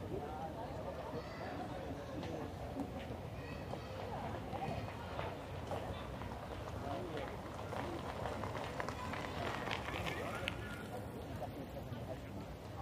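People pass by in Munich's Englischer Garten, their overlapping conversations forming a steady, dense murmur throughout. Scattered short knocks and taps, perhaps from ball games, pop up now and then, most often in the second half, over a low continuous hum.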